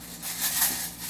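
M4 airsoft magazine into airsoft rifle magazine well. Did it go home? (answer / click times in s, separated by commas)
no / none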